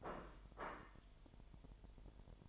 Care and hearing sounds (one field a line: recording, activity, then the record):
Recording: daily activity, microphone in the room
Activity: place plate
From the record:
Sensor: 5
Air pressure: 1002.1 hPa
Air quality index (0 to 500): 225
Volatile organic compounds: 29 ppm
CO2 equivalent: 2926 ppm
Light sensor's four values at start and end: 10/24/10/11 and 10/24/10/11